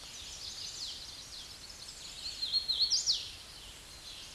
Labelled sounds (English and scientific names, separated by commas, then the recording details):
Hooded Warbler (Setophaga citrina) song
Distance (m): 15 m
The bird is about 5 m below the microphone
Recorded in a Pennsylvania forest on 16 May 2024 at 08:17
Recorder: AudioMoth, point MSD-0814
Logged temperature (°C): 15.8 °C
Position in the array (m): 167 m, 125 m